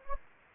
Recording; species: mosquito wingbeat signal from an infrared sensor; Anopheles gambiae